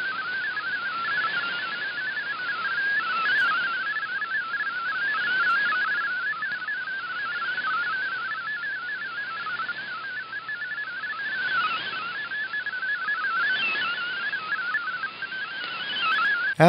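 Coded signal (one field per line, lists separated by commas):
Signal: multi-tone FSK (Olivia or MFSK type)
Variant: MFSK32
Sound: a rapid, warbling single tone hopping between close pitches, continuous over steady hiss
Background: radio static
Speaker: a few minutes i received the entire quasar article with no errors this was kind of surprising to me because the signal was fading in and out throughout the transmission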